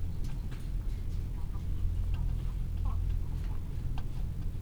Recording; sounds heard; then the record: poultry house recording; sick chickens (respiratory disease)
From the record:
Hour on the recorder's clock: 15